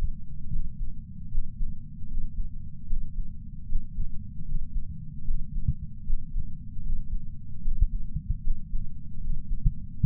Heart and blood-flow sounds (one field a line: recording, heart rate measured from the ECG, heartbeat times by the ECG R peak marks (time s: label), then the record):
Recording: heart sounds by patch sensor on the chest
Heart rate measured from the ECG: 76 bpm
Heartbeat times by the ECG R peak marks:
0.50 s: heartbeat
1.29 s: heartbeat
2.08 s: heartbeat
2.87 s: heartbeat
3.66 s: heartbeat
4.45 s: heartbeat
5.25 s: heartbeat
6.04 s: heartbeat
6.83 s: heartbeat
7.62 s: heartbeat
8.41 s: heartbeat
9.20 s: heartbeat
10.00 s: heartbeat
From the record:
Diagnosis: coronary artery disease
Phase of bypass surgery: preoperative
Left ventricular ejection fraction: 66.3%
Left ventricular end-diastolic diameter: 44 mm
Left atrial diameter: 34 mm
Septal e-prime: 5.3 cm/s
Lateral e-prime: 9.3 cm/s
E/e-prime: 13.2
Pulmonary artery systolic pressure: 31 mmHg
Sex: male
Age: 76 years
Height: 164 cm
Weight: 75 kg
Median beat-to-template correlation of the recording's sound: 0.83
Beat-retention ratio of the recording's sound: 0.97